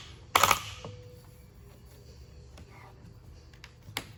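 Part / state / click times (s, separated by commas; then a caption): torque-limiting tool tightening roof rack foot onto flush rail bracket / torque reached / 0.4 s. A torque-limiting tool tightens a Thule EVO Flush Rail roof rack foot onto its flush rail bracket. The tool gives a sharp click at 0.4 s, followed by a short burst of ratcheting and a fading ring, then quiet handling noise and one more sharp tap near 4.0 s. The foot is confirmed fully tight at the set torque.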